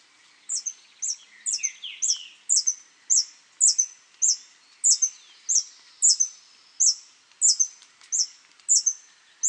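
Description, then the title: Scale-throated hermit singing a steady series of high, thin squeaky notes, about one or two a second, each sliding down; a faint lower chirping bird briefly behind. Subspecies Phaethornis eurynome eurynome. "LuckyPassaro Completos2Sama. Scale-throated Hermit (Phaethornis eurynome eurynome)"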